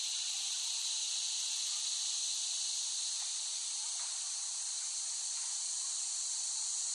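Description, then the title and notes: Cicada chorus, a loud continuous hissing drone held at one even pitch, with a faint brief tap partway through. Cicadas recorded in West Brighton, Staten Island, late summer 2008. "The Cicadas of Summer. Recording of cicadas made by Dan Bodah in West Brighton, Staten Island, late summer 2008"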